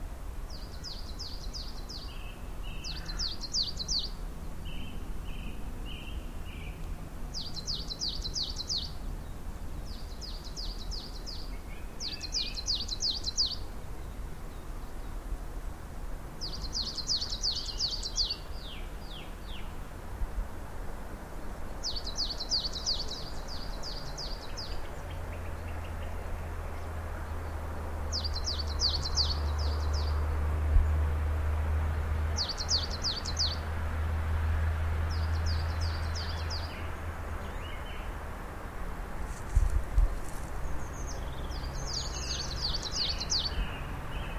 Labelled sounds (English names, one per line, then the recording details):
Coal Tit song
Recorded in the wild
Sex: male
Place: Birken-Honigsessen, Westerwald, Rheinland-Pfalz, DE
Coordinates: 50.8192, 7.76194
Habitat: mixed forest
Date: 1992-03-18 16:09
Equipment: Aiwa HD-S1, Sennheiser ME 80, 1:1 Kopie
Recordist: Frommolt, Karl-Heinz
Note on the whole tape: Gesang einer Tannenmeise. Im zweiten Teil Antwort eines zweiten Tieres